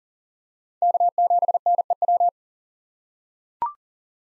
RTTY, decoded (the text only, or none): none